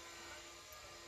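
A zipper slider is being threaded back onto the fabric zipper chain of a sock and handkerchief organizer after being removed. Only a steady, even broadband hiss with faint constant hum is heard for the whole 1.1 seconds, with no distinct sudden sounds. Nothing has seated or clicked yet.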